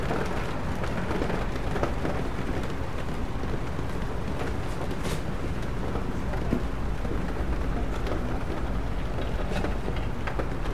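Rain patters on a bookstore window in a steady, dense wash, with a low rumble underneath and scattered brighter taps, one sharper near five seconds.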